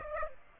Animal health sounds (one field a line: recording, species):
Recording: mosquito wingbeat signal from an infrared sensor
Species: Aedes aegypti